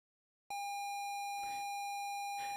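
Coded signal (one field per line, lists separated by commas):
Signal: ZX Spectrum tape loading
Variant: 48K ZX Spectrum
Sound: half a second of silence, then a steady buzzy lead tone with two brief noisy bursts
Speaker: uh for example Atlantis then it will load as a normal tape [Music] just that you can see it's a simulation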